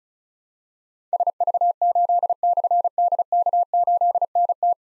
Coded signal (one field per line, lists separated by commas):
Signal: Morse code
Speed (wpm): 36 wpm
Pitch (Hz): 700 Hz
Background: none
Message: SV8/DK8NT